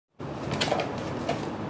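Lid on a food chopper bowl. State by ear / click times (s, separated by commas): not seated / none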